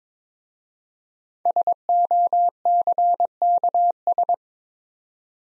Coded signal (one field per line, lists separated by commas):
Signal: Morse code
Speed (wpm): 22 wpm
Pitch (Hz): 700 Hz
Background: none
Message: SOCKS